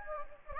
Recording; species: mosquito wingbeat signal from an infrared sensor; Anopheles gambiae